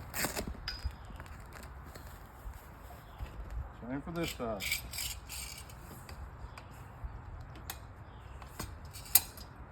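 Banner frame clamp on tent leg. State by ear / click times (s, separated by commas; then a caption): seated / 7.7 s, 9.2 s. A plastic/metal banner frame clamp on the second side of a tent banner frame is pushed onto the tent frame leg while someone talks, with light rattling and rubbing handling noise throughout. Two sharp clicks at 7.7 s and 9.15 s mark it locking on, the second much louder, and the clamp is seated on the leg.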